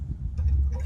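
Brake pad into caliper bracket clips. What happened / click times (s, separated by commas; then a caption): The brake pad is being handled but has not snapped into place yet / none. A brake pad for a 2019 Subaru Impreza is handled as it is pushed toward the abutment clips in its caliper bracket, giving low rumbling handling noise with faint light ticks. The pad has not snapped or seated into the bracket yet, and nothing has clicked.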